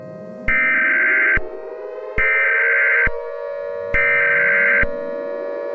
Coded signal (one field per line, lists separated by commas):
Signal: Emergency Alert System (SAME) tones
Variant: header bursts